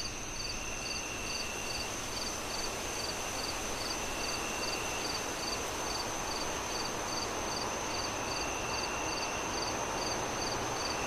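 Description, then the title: Cricket chirping in a regular run of brief bright pulses, a little over two per second, while wind rushes continuously underneath. Crickets on a windy night, wind howling through trees. "Relaxing Crickets Sounds On A Windy Night"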